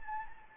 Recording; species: mosquito wingbeat signal from an infrared sensor; Anopheles gambiae